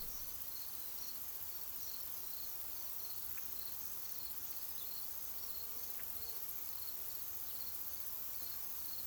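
Crickets chirping in short, evenly repeated high pulsed bursts at two pitches, over a steady hiss and low rumble.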